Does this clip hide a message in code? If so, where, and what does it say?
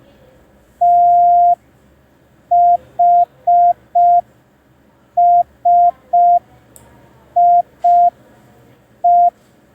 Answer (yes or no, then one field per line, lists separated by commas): yes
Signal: Morse code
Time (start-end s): 0.8-9.3 s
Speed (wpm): 5 wpm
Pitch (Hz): 700 Hz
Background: none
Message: THSIE